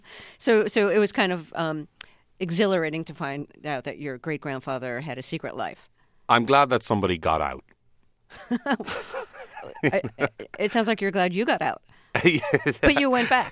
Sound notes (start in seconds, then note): 8.3 laughter; 12.1 laughter